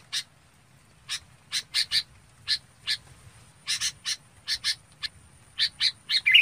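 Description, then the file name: Red-whiskered bulbul chipping irregularly, ending in a louder warbled note. Calling to its flock. "Tieng chao mao bong goi bay"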